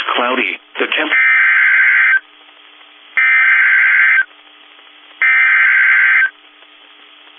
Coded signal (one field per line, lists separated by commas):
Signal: Emergency Alert System (SAME) tones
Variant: header bursts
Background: speech